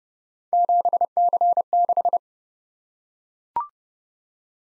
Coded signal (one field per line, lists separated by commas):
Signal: Morse code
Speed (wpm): 29 wpm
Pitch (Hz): 700 Hz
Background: none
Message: 7C6